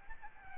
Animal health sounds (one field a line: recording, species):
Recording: mosquito wingbeat signal from an infrared sensor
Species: Aedes albopictus